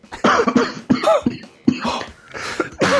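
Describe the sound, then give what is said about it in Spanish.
A loud coughing fit: six or seven harsh, rasping coughs in an uneven string, separated by short breathy pauses, with no talking. “Escúchame, llevo todo el puto día sin ataques de tos y llevo a la... Madre mía, no puedo ni respirar.”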